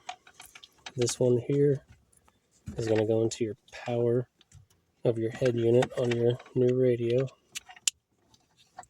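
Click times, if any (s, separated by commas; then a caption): 7.9 s. A plastic wiring harness connector is pushed into the power input of a new head unit radio in a Dodge Journey Android radio replacement while someone talks. Small handling clicks and rattles sound between the speech, then a sharp snap at 7.9 s marks the power harness connector clicking into place and seating.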